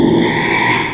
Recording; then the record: squeal of a Yucatan mini pig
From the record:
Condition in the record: after surgery on the right vocal fold (resection and tissue-engineered implant); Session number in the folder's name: 1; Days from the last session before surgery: 6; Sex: male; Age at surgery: 12 weeks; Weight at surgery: 13 kg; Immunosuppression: cyclosporine, prednisolone